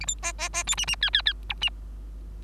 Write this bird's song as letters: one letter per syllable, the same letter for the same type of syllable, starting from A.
A B C C C D E E F F F G E